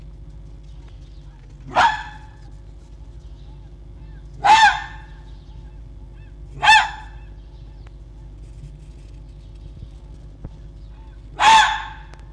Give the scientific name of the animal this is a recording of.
Vulpes vulpes